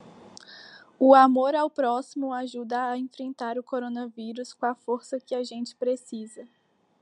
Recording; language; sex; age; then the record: spoken sentence; Brazilian Portuguese; female; 20 to 29 years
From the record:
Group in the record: control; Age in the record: 21 years